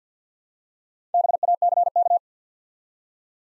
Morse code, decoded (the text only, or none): BACK